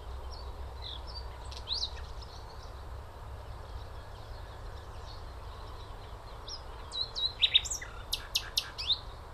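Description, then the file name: Common nightingale song: scattered thin notes, then a rapid burst of sharp, high, clicking and whistled notes near the end, over steady low rumbling background noise. "Luscinia megarhynchos"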